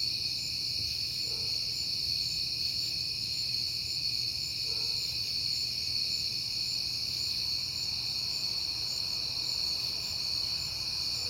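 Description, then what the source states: Crickets keep up a constant high, layered trill throughout, with a couple of faint brief low tones in the background. On a peaceful night in September.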